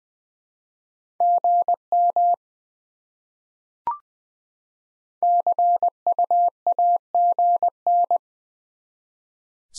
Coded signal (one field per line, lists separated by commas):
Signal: Morse code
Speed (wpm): 20 wpm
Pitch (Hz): 700 Hz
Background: none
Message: GM CUAGN